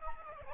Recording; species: mosquito wingbeat signal from an infrared sensor; Aedes albopictus